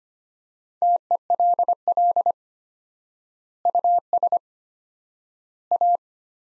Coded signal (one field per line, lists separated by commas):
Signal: Morse code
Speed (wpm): 25 wpm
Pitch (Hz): 700 Hz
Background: none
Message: TELL US A